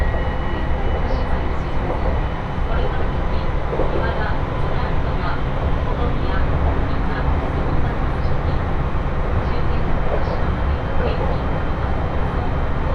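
A train ride on the Tohoku Main Line from Koriyama to Fukushima: a steady, dense low rumble runs unbroken for the whole stretch at an even loudness. Faint murmurs of voices surface now and then above the constant rolling noise.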